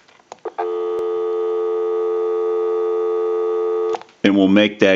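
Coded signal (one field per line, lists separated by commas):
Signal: telephone call progress tone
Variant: North America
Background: speech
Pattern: dial tone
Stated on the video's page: A 500 rotary dial desk telephone during its initial checkout and repair.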